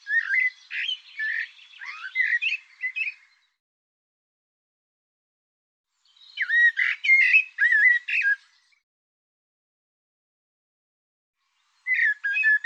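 Bird song repeated in three bursts separated by quiet gaps, each a jumble of slurred whistles, squeaky notes and quick chatters.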